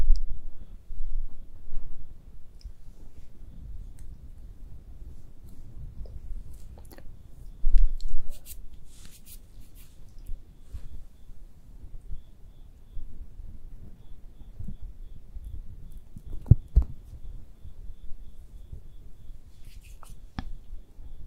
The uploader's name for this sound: ASMR Makeup Artist Does Your MAKEUP (Layered + No Talking)